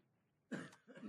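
After a moment of near silence comes a short, loud cough burst, followed by a second, softer one. The two coughs are rough and low-pitched, from an adult man with a bad cold who is coughing heavily.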